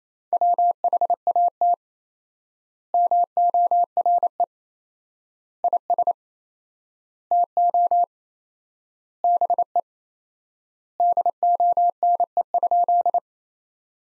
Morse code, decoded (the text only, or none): WHAT MORE IS TO BE DONE?